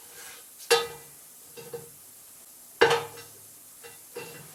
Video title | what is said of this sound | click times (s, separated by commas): Remplacement pot échappement/cardan av gauche/ pneus Super 5 1990 | Dès qu'on entend le clac, c'est qu'il s'est bien mis en place, donc c'est bon. | 2.8 s